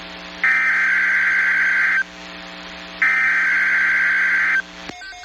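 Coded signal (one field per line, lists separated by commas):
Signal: Emergency Alert System (SAME) tones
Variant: header bursts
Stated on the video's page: Real EAS tones for severe thunderstorm alerts from Texas NOAA Weather Radio stations, captured via Internet streams.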